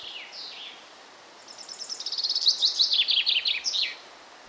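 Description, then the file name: Common chaffinch song: the tail of one phrase, then a series of high notes that grows louder and ends in a closing flourish. "Fringilla coelebs"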